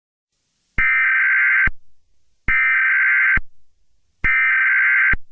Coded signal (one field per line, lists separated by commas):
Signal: Emergency Alert System (SAME) tones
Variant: header bursts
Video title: An EAS SCENARIO #9: Omegas Attack